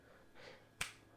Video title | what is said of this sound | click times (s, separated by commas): How to remove AirPods Max Head Band | light pressure and spin the actual cuffs slowly, and you'll hear a click. | 0.8 s